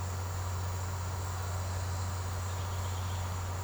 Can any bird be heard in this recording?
no